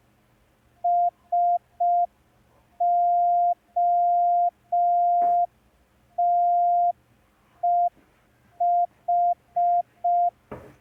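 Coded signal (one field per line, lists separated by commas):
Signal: Morse code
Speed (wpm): 5 wpm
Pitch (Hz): 700 Hz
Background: none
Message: SOTEH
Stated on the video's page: Morse code lesson, day 1 of a 10-day learning course.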